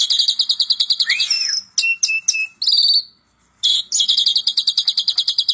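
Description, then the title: Asian pied starling song: fast buzzy repeated notes, a brief arched whistle, a short pause, then the rapid rattling buzz resumes steadily. Masteran (tutor) recording for songbirds, meant to fix birds that sing too little and are listless. "Masteran Jalak Suren Atasi Burung KURANG GACOR Dan LOYO"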